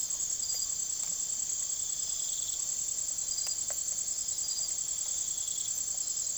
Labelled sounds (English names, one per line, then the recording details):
none
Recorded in secondary vegetation near Puerto Asís, Putumayo, Colombia, on 19 June 2025 at 04:00
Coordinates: 0.489, -76.322
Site G021